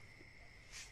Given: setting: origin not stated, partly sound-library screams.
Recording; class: one-second piece from a danger detection set; normal situation